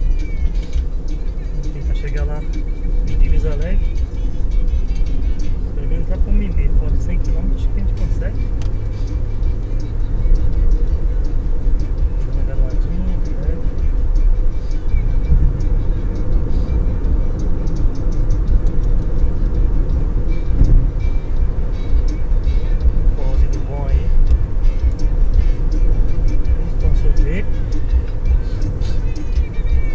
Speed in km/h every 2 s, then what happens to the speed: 62, 66, 71, 77, 82, 85, 88, 90, 90, 90, 92, 93, 94, 94, 94.
0-11 speeds up to 88. 11-30 steady at about 92.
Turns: none.